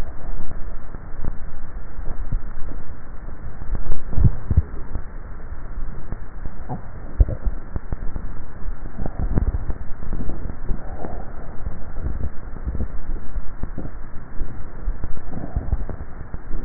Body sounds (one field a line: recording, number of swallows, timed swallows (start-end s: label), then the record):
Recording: swallowing sounds by neck microphone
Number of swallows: 1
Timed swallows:
2.28-2.75 s: swallow
From the record:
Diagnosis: dysphagia